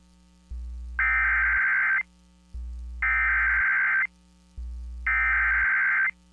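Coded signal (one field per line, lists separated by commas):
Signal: Emergency Alert System (SAME) tones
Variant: header bursts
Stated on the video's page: Personally captured EAS alerts from Arkansas.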